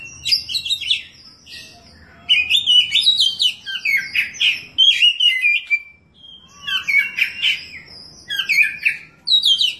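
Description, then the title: Oriental magpie-robin song in three loud bursts of quick, jumbled whistles and chattering notes separated by brief quieter gaps, over faint low hum. "Kacer"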